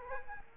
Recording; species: mosquito wingbeat signal from an infrared sensor; Culex quinquefasciatus